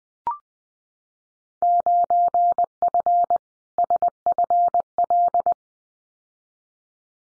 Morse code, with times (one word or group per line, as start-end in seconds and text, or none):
1.6-3.4 9F
3.8-5.5 SFL